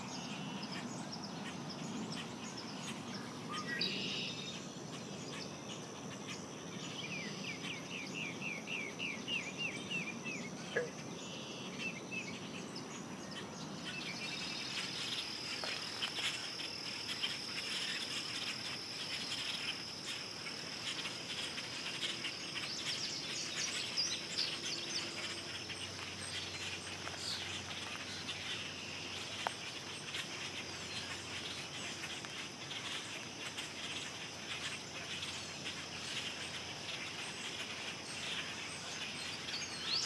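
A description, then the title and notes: A dawn soundwalk at Dyke Marsh, where a steady high insect drone runs through the whole recording and grows denser after about fourteen seconds. Scattered bird calls and chirps break in, including a quick trill near four seconds, over a soft low rumble. Dawn Soundwalk at Dyke Marsh. 30 seconds at 7 stops at Dyke Marsh Wildlife Preserve (a unit of the NPS George Washington Memorial Parkway). With iPhone 6, using a RODE app, edited in Audacity and mixed in Adobe Audition.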